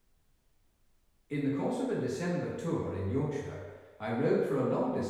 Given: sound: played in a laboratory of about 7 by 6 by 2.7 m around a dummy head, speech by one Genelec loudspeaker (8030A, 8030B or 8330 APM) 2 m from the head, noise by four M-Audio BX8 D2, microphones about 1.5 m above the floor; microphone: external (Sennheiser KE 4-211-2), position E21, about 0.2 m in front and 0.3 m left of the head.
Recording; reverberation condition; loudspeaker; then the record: male speech in English; high; 120 degrees to the right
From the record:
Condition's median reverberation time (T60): about 1300 ms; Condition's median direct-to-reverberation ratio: about -4.0 dB